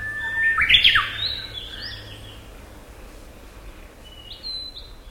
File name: black paradise flycatcher